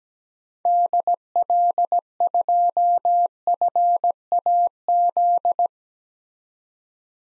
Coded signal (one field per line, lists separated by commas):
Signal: Morse code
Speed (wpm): 17 wpm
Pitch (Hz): 700 Hz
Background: none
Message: DL2FAZ